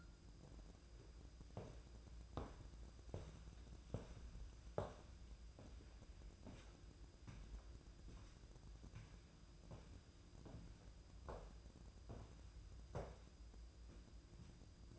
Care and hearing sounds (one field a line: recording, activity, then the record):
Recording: daily activity, microphone in the room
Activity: walk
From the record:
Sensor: 2